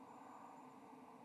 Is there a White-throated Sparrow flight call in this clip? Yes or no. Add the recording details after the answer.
no. No flight call is heard. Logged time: 01:32 on 7 November 2014